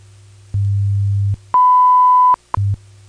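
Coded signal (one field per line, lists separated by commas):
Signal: radio time signal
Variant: WWV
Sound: low hum, then a steady 1 kHz tone for 0.8 seconds, a tick, hum again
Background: low time-code hum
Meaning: The long 1000 Hz tone marks the start of a new minute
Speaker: at the tone 22 hours 18 minutes coordinated universal time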